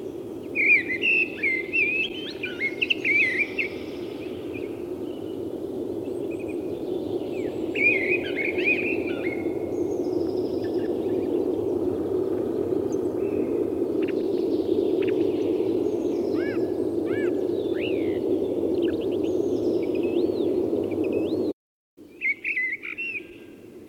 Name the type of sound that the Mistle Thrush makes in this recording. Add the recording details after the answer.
song. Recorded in the wild. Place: Kuchelmiß, Mecklenburg-Vorpommern, DE. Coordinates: 53.667, 12.347. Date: 1982-04-02. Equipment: Nagra III BH, Sennheiser MD 21, parabola. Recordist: Schubert, Michael. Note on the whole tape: Präsenter Gesang einer Misteldrossel